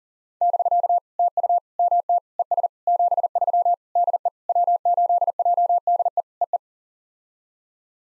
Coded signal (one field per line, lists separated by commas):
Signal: Morse code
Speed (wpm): 40 wpm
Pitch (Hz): 700 Hz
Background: none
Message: <BK> TU MT ES 73 DE W8JDE EE